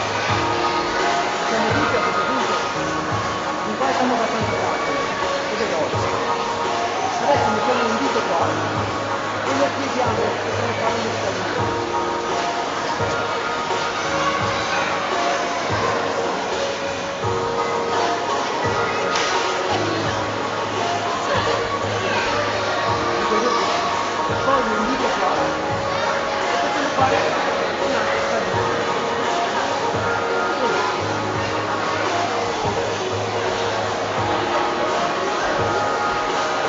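A noisy hubbub in a shopping centre during a soap-bubble workshop, with many voices overlapping into a steady, dense chatter. The din stays at a constant level for the whole stretch, with occasional brighter shouts and clatters poking through and a low hum underneath.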